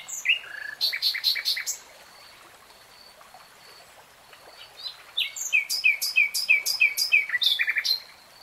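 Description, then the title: Nightingale song: a short burst of chattering notes, a pause with faint thin whistles, then a longer phrase of quick, rhythmic, slurred notes. Nightingale singing in real time. "[Tiếng chim hót] 3 Hours REALTIME Nightingale Singing"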